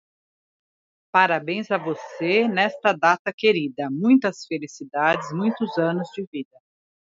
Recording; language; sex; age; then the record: short text; Brazilian Portuguese; female; 50 to 59 years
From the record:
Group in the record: control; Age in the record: 53 years